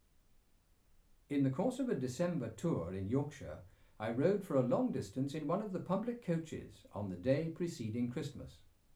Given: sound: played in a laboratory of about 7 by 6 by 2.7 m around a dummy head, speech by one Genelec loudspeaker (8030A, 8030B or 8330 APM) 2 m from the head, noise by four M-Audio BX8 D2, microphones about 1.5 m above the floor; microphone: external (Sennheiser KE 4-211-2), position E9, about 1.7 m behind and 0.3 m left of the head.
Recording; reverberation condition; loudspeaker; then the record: male speech in English; low; 120 degrees to the left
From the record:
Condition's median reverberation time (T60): about 310 ms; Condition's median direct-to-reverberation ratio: about 3.5 dB